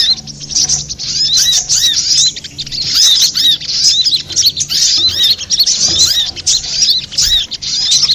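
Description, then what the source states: Little spiderhunter song, a long run of thin, high, twittering notes and quick slurs with a few brief dips. Master recording for training cage birds.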